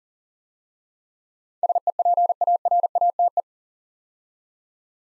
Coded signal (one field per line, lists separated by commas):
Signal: Morse code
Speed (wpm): 40 wpm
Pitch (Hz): 700 Hz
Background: none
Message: SEPARATE